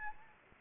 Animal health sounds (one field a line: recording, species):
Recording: mosquito wingbeat signal from an infrared sensor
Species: Anopheles gambiae